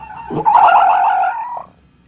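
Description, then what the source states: Fox giving one drawn-out wailing cry, strained and harmonic, rising sharply then holding steady for about a second before breaking off. Part of a compilation of fox sounds.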